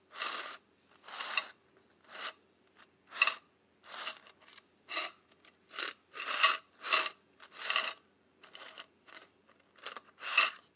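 Paperclips and safety pins are handled in a series of short metallic jingling bursts, roughly one every half second to second across the whole stretch. Each burst is bright and clinking with a slight scrape, separated by brief silences.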